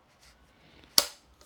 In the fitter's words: and snap into the holes like so